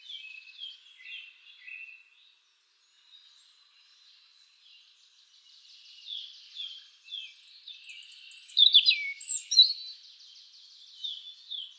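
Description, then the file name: European robin song: quiet, high, wispy notes at first, then a stronger jumble of trills and thin whistles. "Erithacus rubecula"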